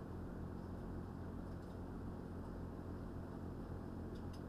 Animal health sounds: poultry house recording; no chicken sound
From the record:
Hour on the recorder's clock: 20

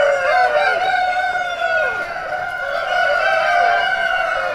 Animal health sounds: poultry house recording; healthy chickens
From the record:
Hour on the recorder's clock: 1

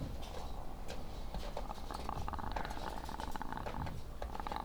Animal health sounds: poultry house recording; sick chickens (respiratory disease)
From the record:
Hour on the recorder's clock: 14

